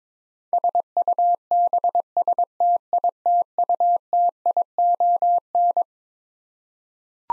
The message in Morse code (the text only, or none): SUBSTITUTION